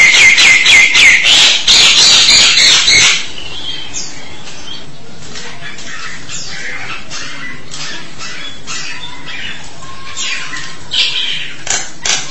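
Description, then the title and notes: Starling song opening with a burst of rapid, harsh, buzzy repeated notes for three seconds, then quieter scratchy chatter and squeaks with steady background hiss. "suara burung jalak"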